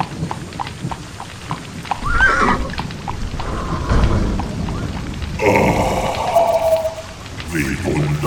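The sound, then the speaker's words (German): Hooves clop in a steady rhythm throughout while horses of the Alpine hills let out two high, wavering whinnies, one brief and one longer, over a constant hiss like rain. “Ruhelos sind die Rosse der Alpenhügel.”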